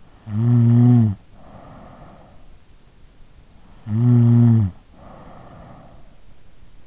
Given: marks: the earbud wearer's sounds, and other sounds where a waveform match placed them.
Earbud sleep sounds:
sounds in sleep by an in-ear microphone; snoring breath
0.08-2.37 s: snoring breath
3.91-6.08 s: snoring breath

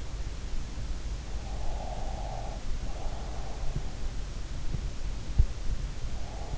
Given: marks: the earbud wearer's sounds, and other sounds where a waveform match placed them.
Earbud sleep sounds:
sounds in sleep by an in-ear microphone; breath
1.55-3.43 s: breath

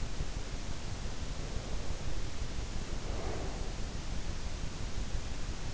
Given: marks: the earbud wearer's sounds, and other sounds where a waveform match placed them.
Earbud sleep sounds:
sounds in sleep by an in-ear microphone; breath
1.30-3.89 s: breath

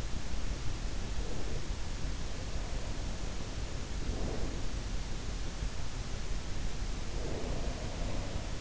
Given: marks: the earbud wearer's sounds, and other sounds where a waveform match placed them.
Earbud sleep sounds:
sounds in sleep by an in-ear microphone; breath
0.00-2.82 s: breath
3.63-5.72 s: breath
6.80-8.56 s: breath

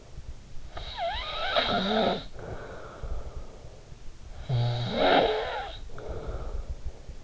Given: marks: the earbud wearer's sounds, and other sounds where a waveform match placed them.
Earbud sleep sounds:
sounds in sleep by an in-ear microphone; snoring breath
0.36-3.76 s: snoring breath
4.05-7.19 s: snoring breath

